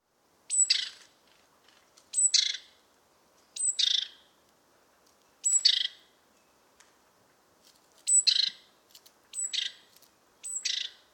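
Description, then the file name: Great tit calls: high thin whistled note sliding into a harsh buzzy chatter, repeated seven times at irregular intervals. "Parus major"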